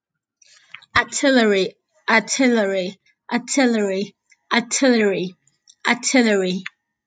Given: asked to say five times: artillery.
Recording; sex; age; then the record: repeated word; female; 18 to 19 years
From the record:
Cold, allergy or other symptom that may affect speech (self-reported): no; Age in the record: 19 years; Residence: Florida, United States